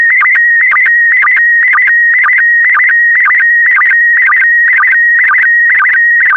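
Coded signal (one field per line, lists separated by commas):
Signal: SSTV (slow-scan television)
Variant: PD120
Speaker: transmission complete you can now check your decoded image against the picture that is shown on the video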